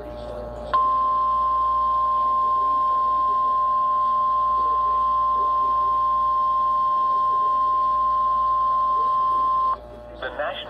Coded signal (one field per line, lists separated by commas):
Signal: Emergency Alert System (SAME) tones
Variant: 1050 Hz attention tone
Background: speech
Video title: EAS/NWR Alert or message #323: 23rd Severe Thunderstorm Warning